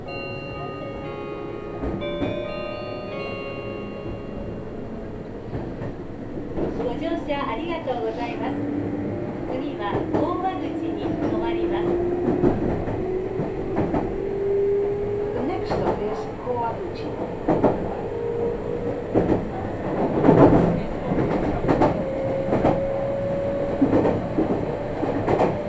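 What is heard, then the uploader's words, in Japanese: Inside a train on a local railway line, a low rumble fills the car while a rising motor whine climbs steadily in pitch as it accelerates. From about seven seconds, clattering wheel and track knocks come through irregularly, growing busier and louder toward twenty seconds. 名古屋鉄道 知多新線・河和線 内海→富貴→河和。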